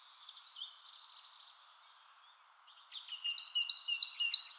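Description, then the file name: Great tit sounds begin with soft trilling notes, then after a pause a series of bright two-part calls grows louder toward the end. "Parus major"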